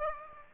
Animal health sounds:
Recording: mosquito wingbeat signal from an infrared sensor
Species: Aedes aegypti

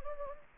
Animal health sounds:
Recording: mosquito wingbeat signal from an infrared sensor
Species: Anopheles gambiae

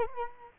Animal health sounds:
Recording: mosquito wingbeat signal from an infrared sensor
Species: Culex quinquefasciatus

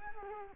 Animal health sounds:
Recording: mosquito wingbeat signal from an infrared sensor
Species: Culex quinquefasciatus

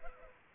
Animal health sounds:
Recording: mosquito wingbeat signal from an infrared sensor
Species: Culex pipiens

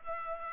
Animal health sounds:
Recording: mosquito wingbeat signal from an infrared sensor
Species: Culex pipiens

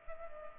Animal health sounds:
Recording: mosquito wingbeat signal from an infrared sensor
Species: Culex pipiens

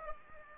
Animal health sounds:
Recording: mosquito wingbeat signal from an infrared sensor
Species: Aedes aegypti

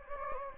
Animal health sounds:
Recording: mosquito wingbeat signal from an infrared sensor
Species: Anopheles gambiae

